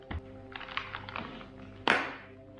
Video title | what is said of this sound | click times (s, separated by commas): My first motovlog setup: Sound check and first ride in 2022 | You heard the click. | 1.9 s